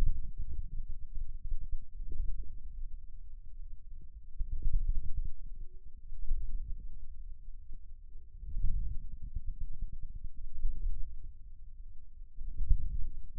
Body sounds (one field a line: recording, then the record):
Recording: forearm muscle sounds (acoustic myography)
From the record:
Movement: inward rotation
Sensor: system 2, bracelet of six BSWA MPA416 microphones around the upper forearm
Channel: 2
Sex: male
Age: 22 years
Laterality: right